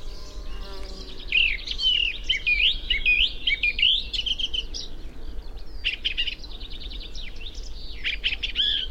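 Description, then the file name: Eurasian blackcap delivering bursts of quick warbled notes and sliding whistles separated by short gaps, against a steady low hum. "Sylvia atricapilla"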